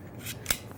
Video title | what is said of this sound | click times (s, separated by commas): ✅💎 How to Install 3 Types of Drawer Slides in Cabinets - [Step by Step] | You got these little brackets that slide right on the back of that slide, snap in place easily, | 0.5 s